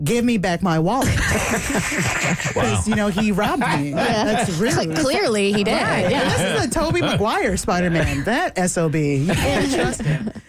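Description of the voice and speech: Adult members of The Bert Show talking in a radio studio. Unaffected speaker.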